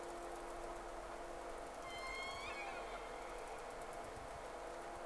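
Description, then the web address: Whale whistle: a single thin tonal sweep with faint harmonics lasting about a second, set against constant hiss and a low steady hum. At sea on 3 October 2006, with two whales noted. "Sea Snake 10-3-06 Whales X 2"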